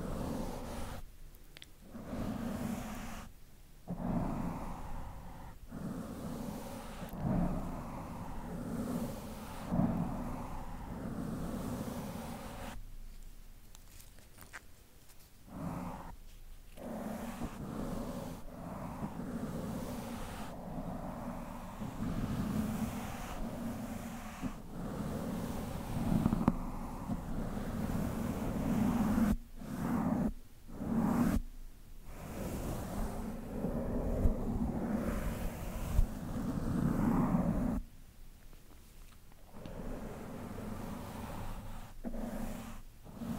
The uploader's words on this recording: ASMR Mic Brushing With Occasional Brush Tapping (no talking).